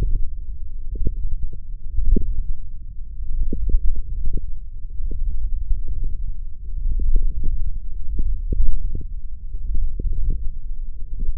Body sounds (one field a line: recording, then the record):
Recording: forearm muscle sounds (acoustic myography)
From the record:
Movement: wrist flexion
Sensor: system 1, eight BSWA MPA416 microphones around the upper forearm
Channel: 6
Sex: male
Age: 21 years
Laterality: right